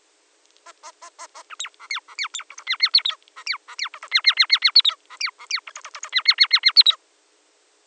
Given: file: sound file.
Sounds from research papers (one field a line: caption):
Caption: An example song recorded from a Bengalese finch prior to right syringeal devocalization.